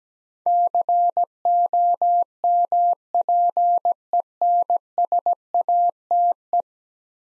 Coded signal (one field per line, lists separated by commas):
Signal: Morse code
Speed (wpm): 17 wpm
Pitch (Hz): 700 Hz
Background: none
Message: COMPENSATE